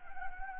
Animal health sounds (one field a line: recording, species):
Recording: mosquito wingbeat signal from an infrared sensor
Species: Anopheles gambiae